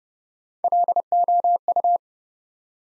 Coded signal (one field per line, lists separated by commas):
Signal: Morse code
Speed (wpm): 30 wpm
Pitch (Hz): 700 Hz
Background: none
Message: LOU